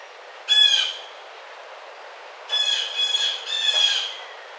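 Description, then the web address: Blue jay calls: one harsh nasal squawk, a pause, then three rasping calls run together in quick succession. Recorded on 27 May 2009. "Blue Jay 2009 05 27"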